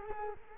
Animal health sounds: mosquito wingbeat signal from an infrared sensor; Culex quinquefasciatus

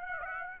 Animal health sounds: mosquito wingbeat signal from an infrared sensor; Aedes aegypti

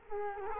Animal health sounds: mosquito wingbeat signal from an infrared sensor; Culex quinquefasciatus

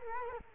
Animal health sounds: mosquito wingbeat signal from an infrared sensor; Culex quinquefasciatus

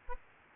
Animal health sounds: mosquito wingbeat signal from an infrared sensor; Aedes aegypti

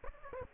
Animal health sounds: mosquito wingbeat signal from an infrared sensor; Aedes aegypti

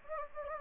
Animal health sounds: mosquito wingbeat signal from an infrared sensor; Anopheles gambiae

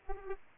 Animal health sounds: mosquito wingbeat signal from an infrared sensor; Aedes aegypti

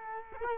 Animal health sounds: mosquito wingbeat signal from an infrared sensor; Culex quinquefasciatus

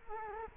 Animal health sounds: mosquito wingbeat signal from an infrared sensor; Culex quinquefasciatus

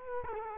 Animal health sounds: mosquito wingbeat signal from an infrared sensor; Culex quinquefasciatus

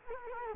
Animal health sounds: mosquito wingbeat signal from an infrared sensor; Culex quinquefasciatus

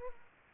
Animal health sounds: mosquito wingbeat signal from an infrared sensor; Aedes aegypti

